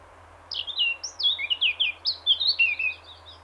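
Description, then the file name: Eurasian blackcap singing a brisk, jumbled warble of bright fluty slurs, starting after a brief pause and running without a break to the end. "Sylvia atricapilla"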